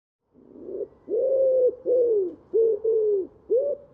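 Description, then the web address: Common wood pigeon coos starting after a brief quiet moment, a few mellow hooting notes of uneven length following one another. "cianscape birddata Deverinetal 2025"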